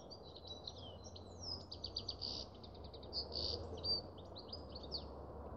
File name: Canary Voice